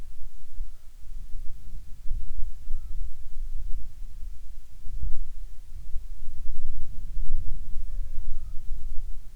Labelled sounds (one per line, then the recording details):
corvid
wind
insects
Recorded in the Prudhoe Bay oil fields, Alaska, on 10 July 2019 at 13:54
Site 14